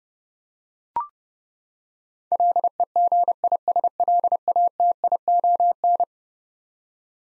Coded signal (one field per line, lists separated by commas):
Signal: Morse code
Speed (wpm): 30 wpm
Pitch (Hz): 700 Hz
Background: none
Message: LEGISLATION